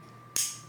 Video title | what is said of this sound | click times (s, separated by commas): CRKT Raikiri: Field Strip Technology | There it is. So there's that audible click, and then while you're pinching it, you just flip the switch | 0.4 s